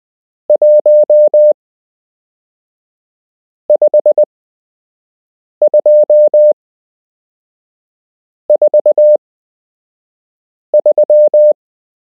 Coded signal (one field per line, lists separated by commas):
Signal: Morse code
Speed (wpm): 20 wpm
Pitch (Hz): 600 Hz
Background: none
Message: 15243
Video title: You can learn Morse code - Part 7